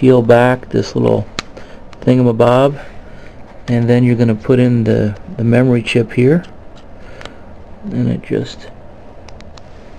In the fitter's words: pops right in there